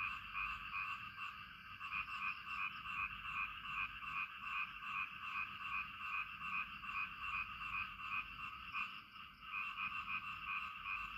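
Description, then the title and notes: Frog croaks pulse continuously in a throbbing two-band rhythm near three beats per second, with soft rain noise underneath. "Frog Time. Frog and Rain"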